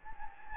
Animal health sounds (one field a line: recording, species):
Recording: mosquito wingbeat signal from an infrared sensor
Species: Anopheles gambiae